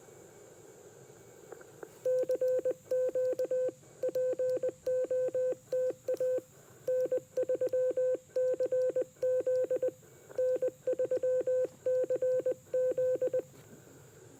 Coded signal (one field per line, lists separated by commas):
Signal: Morse code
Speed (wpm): 20 wpm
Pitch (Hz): 510 Hz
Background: none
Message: CQ POTA N3CZ N3CZ